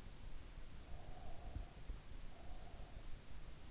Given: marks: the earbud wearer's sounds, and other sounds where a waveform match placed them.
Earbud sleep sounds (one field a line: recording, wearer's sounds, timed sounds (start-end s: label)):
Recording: sounds in sleep by an in-ear microphone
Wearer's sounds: breath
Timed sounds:
0.62-3.61 s: breath